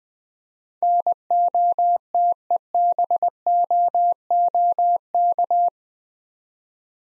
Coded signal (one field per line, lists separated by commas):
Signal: Morse code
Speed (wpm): 20 wpm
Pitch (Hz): 700 Hz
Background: none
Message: NOTEBOOK